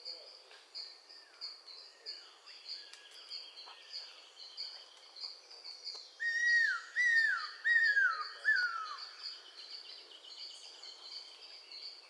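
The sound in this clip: Cuckoo-roller giving a burst of four strong falling whistles midway, with fainter similar notes earlier, against a constant shrill insect drone.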